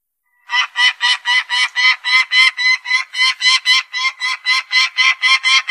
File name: 매(Falco peregrinus)